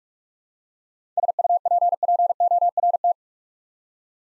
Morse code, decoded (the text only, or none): SUPPORT